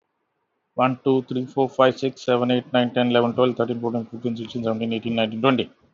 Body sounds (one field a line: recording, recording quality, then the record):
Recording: counting at a fast pace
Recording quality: excellent, no background noise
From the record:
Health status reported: healthy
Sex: male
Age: 57 years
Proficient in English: yes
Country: India